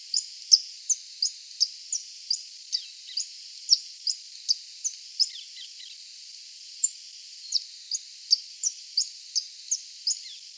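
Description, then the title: Coal-crested Finch singing a long run of high, thin chips at a fast uneven pace, a few lower fainter notes mixed in, with a steady hiss behind. "LuckyPassaro Completos2Sama. Coal-crested Finch (Charitospiza eucosma)"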